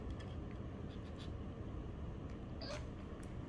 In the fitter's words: 2 아 소리 들었어요 딱 소리가 나며 는